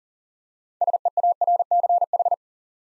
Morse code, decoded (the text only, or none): SEARCH